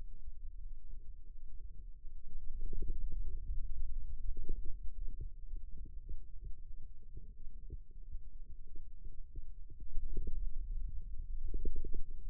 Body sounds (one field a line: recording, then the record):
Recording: forearm muscle sounds (acoustic myography)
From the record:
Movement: ulnar deviation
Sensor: system 2, bracelet of six BSWA MPA416 microphones around the upper forearm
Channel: 6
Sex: male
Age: 22 years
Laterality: right